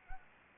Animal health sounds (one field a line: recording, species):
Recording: mosquito wingbeat signal from an infrared sensor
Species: Anopheles arabiensis